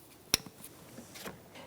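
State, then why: Seated. A wiring harness connector, checked for breaks and burn marks and found good, is lined up and pushed down onto the ignition coil terminal of a 2013-2018 Toyota RAV4. Its locking tab gives a sharp, loud click at 0.3 s, followed by a few faint, softer taps. The connector is seated.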